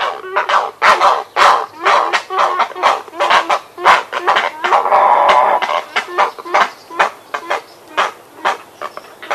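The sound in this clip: Grey heron giving a rapid series of grating, hoarse croaks, with a longer drawn-out harsh note midway.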